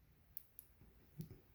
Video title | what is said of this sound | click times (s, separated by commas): Anbes Battery Powered WiFi Camera BF-A10 Installation | you're gonna hear a little clicking sound when it's inserted | 0.4 s